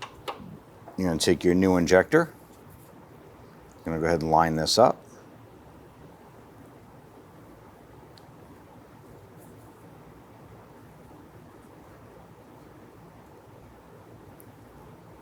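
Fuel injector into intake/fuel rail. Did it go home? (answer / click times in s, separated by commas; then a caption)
no / none. A new fuel injector is lined up against the intake/fuel rail of a 1994–2004 Ford Mustang 3.8L V6 while someone talks for the first five seconds. After that there is only a low steady background with a couple of faint ticks near 8.2 s and 14.4 s. Nothing has seated or clicked yet.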